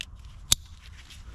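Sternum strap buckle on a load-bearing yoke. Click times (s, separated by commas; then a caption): 0.5 s. The sternum strap buckle on the front of the yoke of a Crossfire DZ Rig tigerstripe belt kit is pushed together over a low background hum, after a faint tick at the very start. A single sharp, bright click at 0.5 s marks the buckle locking shut solidly, and the removable sternum strap is fastened.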